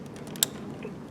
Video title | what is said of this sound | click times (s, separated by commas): Kawasaki Z900RS Stage 2 Tune " Part 3" Holeshot Dale Walker | get that plugged in until it snaps | 0.4 s